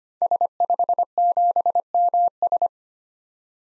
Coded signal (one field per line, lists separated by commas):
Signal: Morse code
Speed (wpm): 25 wpm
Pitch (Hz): 700 Hz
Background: none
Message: S57MS